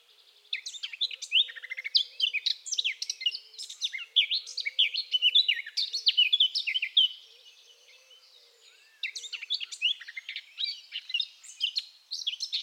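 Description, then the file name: Eurasian blackcap delivers two long bursts of rapid, varied warbling with bright fluty whistles, separated by a short pause; faint low wavering notes sound underneath early on. "Sylvia atricapilla"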